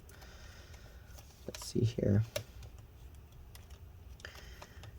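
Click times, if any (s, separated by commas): none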